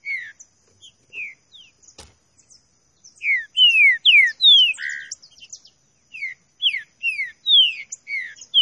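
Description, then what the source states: Green-winged saltator singing clear downslurred whistles, building into a loud burst midway, then more spaced falling notes, with soft high chirps in the background. Classic song style of the species, presented as a training recording.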